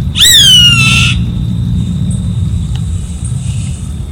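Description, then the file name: Savanna hawk giving one loud, drawn-out scream that rises sharply, then slides slowly down for about a second, over a low steady rumble and a faint continuous high tone. "Canto do gaviao vaqueiro"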